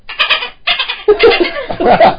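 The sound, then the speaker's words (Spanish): A person vocally imitates swallows chirping, producing a run of loud, squawky, high-pitched bursts in quick succession that come out sounding closer to clucking hens. “Pero no eran gallinas, amiga. ¿Qué eran? Las golondrinas.”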